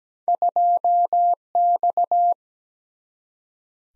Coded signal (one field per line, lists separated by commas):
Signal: Morse code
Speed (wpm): 17 wpm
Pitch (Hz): 700 Hz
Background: none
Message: 2X